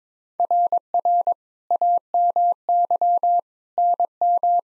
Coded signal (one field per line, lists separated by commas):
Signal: Morse code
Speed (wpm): 22 wpm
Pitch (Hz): 700 Hz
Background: none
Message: RR AMY NM